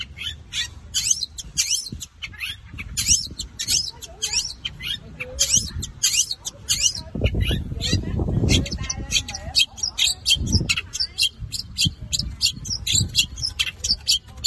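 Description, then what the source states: Long-tailed shrike song of quick varied high notes and chatter, with some low thumping sounds midway. Combination song (kombinasi) style.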